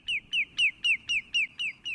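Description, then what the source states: Lesser Yellowlegs calls, clear downslurred whistled notes repeated evenly about four times a second. Shorebird widespread in North and South America.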